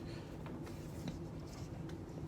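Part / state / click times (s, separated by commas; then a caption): flip lid on a plastic sports bottle / not seated / none. Someone presses the plastic flip lid of a Gatorade Gx sports bottle closed after dropping a concentrate pod inside, but the lid has not been pushed fully shut. Only a few faint light taps are heard near 0.5, 1.1 and 1.9 s over a steady low background. The lid has not snapped shut yet.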